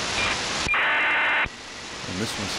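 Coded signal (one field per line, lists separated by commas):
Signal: ACARS aircraft data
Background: speech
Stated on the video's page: ACARS aircraft data messages received with an SDRplay RSP receiver and SDRuno.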